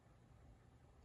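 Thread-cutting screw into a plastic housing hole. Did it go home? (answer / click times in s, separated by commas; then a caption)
no / none. A thread-cutting screw is put into a plastic housing hole on an LG RC897T and turned counterclockwise to find its original threads. Only a steady, low broadband hiss is heard with no distinct transients, and the screw has not clicked into its threads yet.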